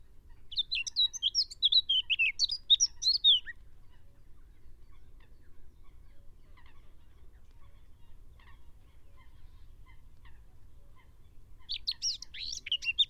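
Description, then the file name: Eurasian blackcap song: a quick, high warbling phrase of varied chirps and whistles, a long quiet pause with low rumble, then a second warbled burst at the end. "Sylvia atricapilla"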